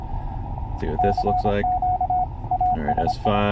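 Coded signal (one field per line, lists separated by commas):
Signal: Morse code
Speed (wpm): 26 wpm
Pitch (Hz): 730 Hz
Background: speech, radio noise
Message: CQ ASI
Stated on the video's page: Mobile station comparing Yaesu ATAS 120 and Tarheel antennas while driving.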